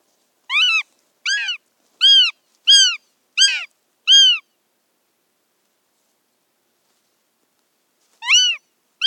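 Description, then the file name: Northern goshawk calls: six sharp, arched, nasal notes repeated about every 0.7 seconds, a pause of several seconds, then two more notes. "Habicht"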